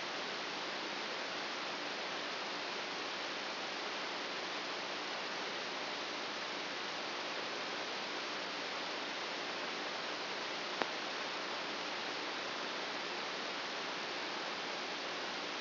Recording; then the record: brain microelectrode recording played as sound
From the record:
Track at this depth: inside the subthalamic nucleus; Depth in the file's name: 3.503 mm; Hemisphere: right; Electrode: 2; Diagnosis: Parkinson's disease